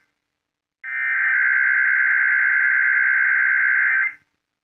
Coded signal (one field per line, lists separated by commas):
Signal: Emergency Alert System (SAME) tones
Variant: header bursts